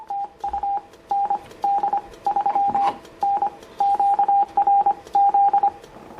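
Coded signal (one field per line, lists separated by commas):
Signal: Morse code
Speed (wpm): 25 wpm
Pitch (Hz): 800 Hz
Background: radio noise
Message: TU ND3N QRZ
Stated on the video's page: CW from a Yaesu FT-710.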